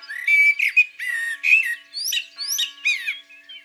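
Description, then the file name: Common blackbird song: full, warbling phrases followed by several rising, squeaky, whistled notes. In the countryside. "Merle noir Chants doiseaux dans la campagne"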